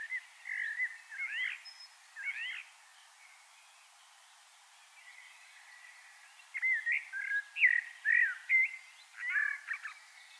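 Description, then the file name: Common blackbird song: soft fluted phrases in two groups, partly blurred by steady background hiss. "Turdus merula"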